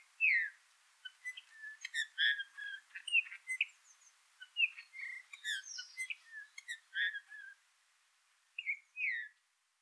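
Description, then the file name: Eurasian bullfinch giving a run of soft piping whistles mixed with creaky, clicking notes, dense for about seven seconds, then a short pause and two final whistles. "Pyrrhula pyrrhula"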